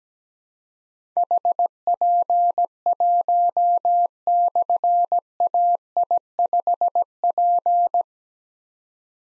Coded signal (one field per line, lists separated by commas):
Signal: Morse code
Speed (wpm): 17 wpm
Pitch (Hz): 700 Hz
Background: none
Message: HP1/AI5P